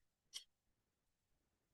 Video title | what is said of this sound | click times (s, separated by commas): 2025 0909 - Physics Honors Day 21 - Projectile Kahoot | Now, listen real close. You can hear a click. | 0.4 s